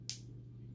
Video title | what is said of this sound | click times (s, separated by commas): Earthrise: Dead + Shattered Glass Optimus Prime: One's dead and one's evil: TWfC: Blindformers 20 | a snap letting you know that it is in place once that is complete and in place | 0.1 s